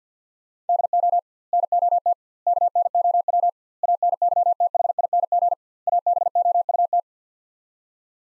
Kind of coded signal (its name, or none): Morse code